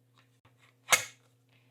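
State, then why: Seated. A Bosch PowerMore 250 eBike range-extender battery has its rear grooves slid onto the frame-mounted harness until it snaps on with a sharp, loud click at 0.9 s. A few faint taps come before it, and a low steady hum runs underneath. The battery is seated on the mounting harness.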